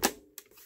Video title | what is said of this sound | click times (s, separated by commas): Testing some JVC stuff (a TM-63U and a broken HR-C3U) | like that clicks into place power on off uh | 0.1 s